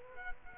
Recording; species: mosquito wingbeat signal from an infrared sensor; Culex quinquefasciatus